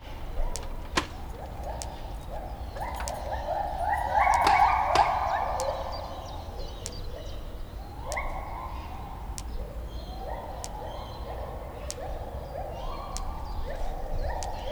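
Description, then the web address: White-handed gibbon call series, rising whoops repeated in quick succession that swell louder midway then settle, with regular sharp clicks and soft wind noise behind. Captive, zoo in Debrecen, 2012, recorded from the monkey house; wind and electric fence audible; made with a Marantz recorder. "allathangok debrecenizoo 2012. feherkezugibbon majomhazbol szello villanypasztor"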